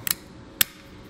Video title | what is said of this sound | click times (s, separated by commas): etrailer - Pollak Fifth Wheel and Gooseneck Wiring Harness Installation - 2021 Ram 2500 | that's just going to snap right into place | 0.6 s